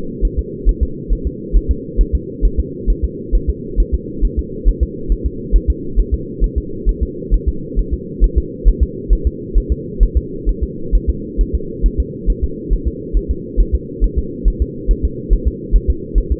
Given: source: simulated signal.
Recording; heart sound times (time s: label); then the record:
fetal heart sounds
0.25 s: S1
0.39 s: S2
0.69 s: S1
0.83 s: S2
1.13 s: S1
1.27 s: S2
1.56 s: S1
1.71 s: S2
2.01 s: S1
2.15 s: S2
2.45 s: S1
2.59 s: S2
2.90 s: S1
3.05 s: S2
3.35 s: S1
3.50 s: S2
3.80 s: S1
3.94 s: S2
4.25 s: S1
4.39 s: S2
4.69 s: S1
4.83 s: S2
5.12 s: S1
5.26 s: S2
5.56 s: S1
5.70 s: S2
6.00 s: S1
6.14 s: S2
6.44 s: S1
6.58 s: S2
6.89 s: S1
7.03 s: S2
7.34 s: S1
7.49 s: S2
7.79 s: S1
7.94 s: S2
8.24 s: S1
8.38 s: S2
8.68 s: S1
8.83 s: S2
9.13 s: S1
9.27 s: S2
9.58 s: S1
9.72 s: S2
10.03 s: S1
10.17 s: S2
10.49 s: S1
10.63 s: S2
10.95 s: S1
11.10 s: S2
11.41 s: S1
11.55 s: S2
11.86 s: S1
12.00 s: S2
12.30 s: S1
12.44 s: S2
12.73 s: S1
12.88 s: S2
13.17 s: S1
13.31 s: S2
13.61 s: S1
13.75 s: S2
14.04 s: S1
14.19 s: S2
14.48 s: S1
14.62 s: S2
14.91 s: S1
15.05 s: S2
15.33 s: S1
15.48 s: S2
15.76 s: S1
15.90 s: S2
16.18 s: S1
16.32 s: S2
From the record:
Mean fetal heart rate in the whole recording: 135 bpm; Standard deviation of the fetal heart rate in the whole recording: 3 bpm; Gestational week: 36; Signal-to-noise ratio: -4.3 dB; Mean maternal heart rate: 72 bpm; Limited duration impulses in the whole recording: absent